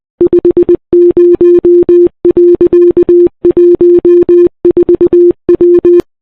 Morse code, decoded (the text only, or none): 50.14W